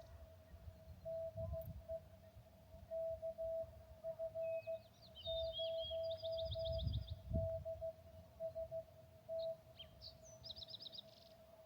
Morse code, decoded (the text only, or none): DE KF0DST